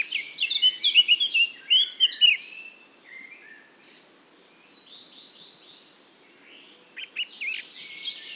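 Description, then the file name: Eurasian blackcap song, a fluting phrase of rich whistles trailing into quiet chatter, then a fresh burst of sharper notes after a pause. "Sylvia atricapilla"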